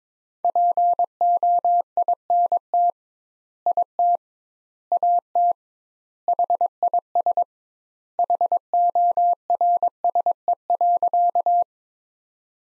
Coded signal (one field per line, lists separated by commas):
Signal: Morse code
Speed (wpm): 22 wpm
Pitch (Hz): 700 Hz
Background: none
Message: POINT IT AT HIS HORSE.